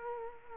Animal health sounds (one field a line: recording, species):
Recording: mosquito wingbeat signal from an infrared sensor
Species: Culex quinquefasciatus